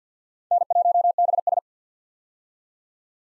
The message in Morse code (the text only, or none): N1BS